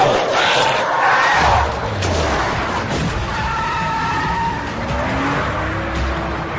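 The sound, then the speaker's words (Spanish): A car is started, its engine roaring and revving with rising whining tones as tyres screech and skid, loud and continuous, while frantic shouting from several people carries underneath. “¡Pon el coche en marcha!”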